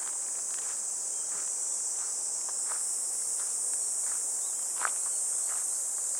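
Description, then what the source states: Cicadas sustain a continuous shrill buzz as footsteps pass at a walking rhythm, one step louder than the rest. Recorded walking a riverbank embankment path on a fresh, clear morning, heading toward a weir.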